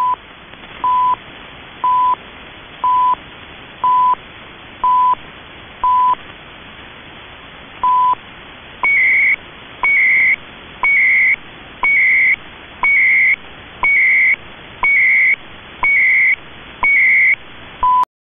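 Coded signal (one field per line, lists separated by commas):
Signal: radio time signal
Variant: CHU Canada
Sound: short 1 kHz beeps each second, then about 9 half-second higher warbling data bursts each second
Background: radio static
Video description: Rare capture of CHU Canada time signal off the air, the signal was captured during a power cycle.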